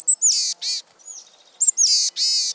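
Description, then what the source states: Boreal Chickadee calls: two raspy phrases, each starting with thin high notes and followed by two wheezy, buzzy drawn-out notes, with a short pause between phrases. Rarer in Maine, found only in part of the state for part of the year; may stop visiting if the climate warms too much; candidate for Maine state bird.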